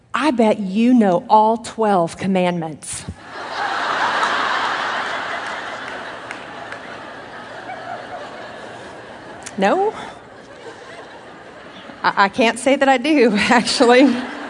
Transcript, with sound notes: I bet you know all twelve commandments." (laughter) No, I can't say that I do, actually.